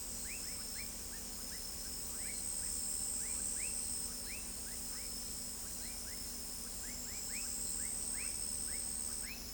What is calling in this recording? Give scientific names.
none